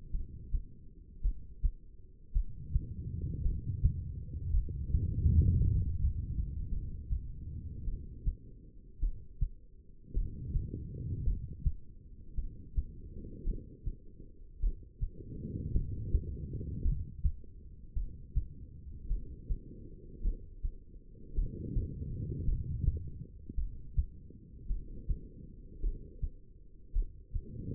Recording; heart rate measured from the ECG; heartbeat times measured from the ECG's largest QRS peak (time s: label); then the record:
heart sounds by stethoscope; 54 bpm
0.11 s: heartbeat
1.22 s: heartbeat
2.33 s: heartbeat
3.42 s: heartbeat
4.51 s: heartbeat
5.60 s: heartbeat
6.69 s: heartbeat
7.85 s: heartbeat
9.00 s: heartbeat
10.13 s: heartbeat
11.24 s: heartbeat
12.35 s: heartbeat
13.44 s: heartbeat
14.60 s: heartbeat
15.72 s: heartbeat
16.82 s: heartbeat
17.93 s: heartbeat
19.07 s: heartbeat
20.22 s: heartbeat
21.34 s: heartbeat
22.45 s: heartbeat
23.55 s: heartbeat
24.67 s: heartbeat
25.80 s: heartbeat
26.92 s: heartbeat
From the record:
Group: heart failure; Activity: rest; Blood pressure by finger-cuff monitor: 89/66 mmHg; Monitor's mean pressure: 74 mmHg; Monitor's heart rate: 54 bpm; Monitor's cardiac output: 2.6 L/min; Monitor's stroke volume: 47 mL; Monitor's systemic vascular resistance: 2070 dyn s/cm5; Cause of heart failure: non-ischemic cardiomyopathy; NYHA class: 1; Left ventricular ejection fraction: 52%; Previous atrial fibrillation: present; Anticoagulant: apixaban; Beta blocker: bisoprolol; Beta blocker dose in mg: 10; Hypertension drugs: sacubitril-valsartan, spironolactone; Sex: female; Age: 68 years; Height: 169 cm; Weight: 71 kg